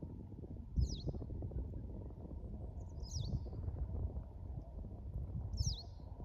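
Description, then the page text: White wagtail giving short high chirped calls, three of them a couple of seconds apart, with constant low-pitched rumble and noise underneath. One singing male in breeding season, Valka municipality, Latvia, 27 April 2025 at 19:01. "White Wagtail, Motacilla alba Observation time 27-Apr-2025 plkst. 19:01 Valkas novads Count 1 Status Singing male in breeding season"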